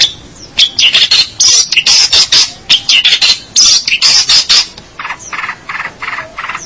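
Long-tailed shrike calls, harsh grating bursts of high noisy notes in quick succession, ending with softer buzzy rasping notes.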